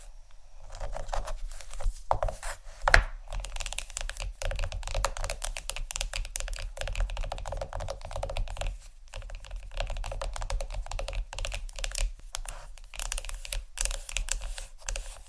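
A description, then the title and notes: Rapid fingertip tapping and scratching on a chocolate bar, a dense run of small dry clicks close together, like typing. A louder knock lands near three seconds, with brief pauses around two and nine seconds, and a low steady hum underneath throughout. ASMR Tap & Scratch On Chocolate （No Talking）.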